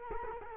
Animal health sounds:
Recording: mosquito wingbeat signal from an infrared sensor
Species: Culex quinquefasciatus

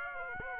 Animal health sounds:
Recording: mosquito wingbeat signal from an infrared sensor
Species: Aedes aegypti

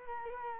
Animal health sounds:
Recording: mosquito wingbeat signal from an infrared sensor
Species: Culex quinquefasciatus

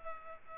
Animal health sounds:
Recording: mosquito wingbeat signal from an infrared sensor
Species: Culex pipiens

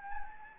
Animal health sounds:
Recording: mosquito wingbeat signal from an infrared sensor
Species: Anopheles gambiae

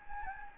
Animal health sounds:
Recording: mosquito wingbeat signal from an infrared sensor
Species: Anopheles gambiae

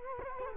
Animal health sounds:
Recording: mosquito wingbeat signal from an infrared sensor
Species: Culex quinquefasciatus

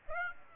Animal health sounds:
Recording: mosquito wingbeat signal from an infrared sensor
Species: Aedes aegypti

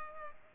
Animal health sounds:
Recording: mosquito wingbeat signal from an infrared sensor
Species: Culex pipiens

